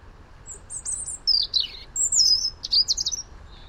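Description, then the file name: European robin song, a fast string of high, thin whistles and slurred trills varying up and down in pitch, with brief gaps between notes, over faint low hum. "Erithacus rubecula"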